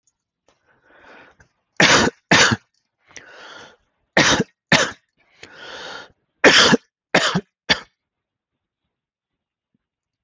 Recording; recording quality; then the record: heavy voluntary cough; excellent, no background noise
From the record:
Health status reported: healthy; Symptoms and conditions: hypertension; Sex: male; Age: 50 years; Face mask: not worn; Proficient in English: yes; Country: India